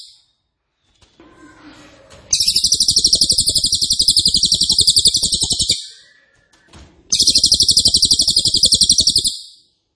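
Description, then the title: Cililin song: loud, dense, rapid-fire high trills in two long bursts, separated by a short pause with faint background noise. Loud, dense, rapid-fire song style called 'nembak keras dan rapat', used as a favourite training recording (masteran) for oriental magpie-robin, leafbird and white-rumped shama. "Cililin NEMBAK KERAS dan RAPAT masteran murai batu cucak ijo dan kacer"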